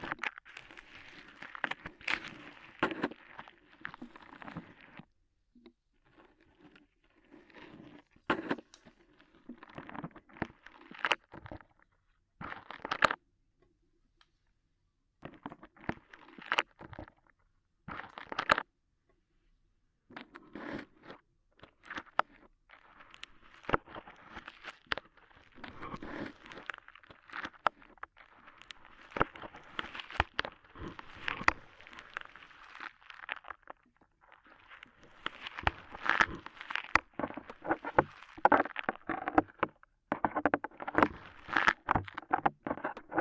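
Ear cleaning with rhinestone and clay removal: dense bursts of crinkly, crackling scratches, broken by brief silences, busiest toward the end.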